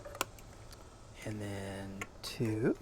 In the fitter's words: I like to listen for the little snap. There you go. 1,